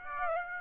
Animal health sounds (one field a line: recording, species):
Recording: mosquito wingbeat signal from an infrared sensor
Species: Aedes aegypti